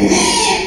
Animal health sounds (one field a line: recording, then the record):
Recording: squeal of a Yucatan mini pig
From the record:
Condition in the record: after surgery on the right vocal fold (resection and tissue-engineered implant)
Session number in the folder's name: 2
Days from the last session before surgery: 13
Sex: male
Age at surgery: 12 weeks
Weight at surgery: 13 kg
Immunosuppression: cyclosporine, prednisolone